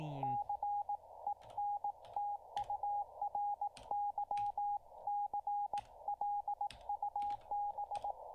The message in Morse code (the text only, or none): CENTURY CLUB